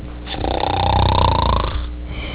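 A single snore from an adult sleeper: a low, rumbling inhalation with a buzzing tone that swells and then fades.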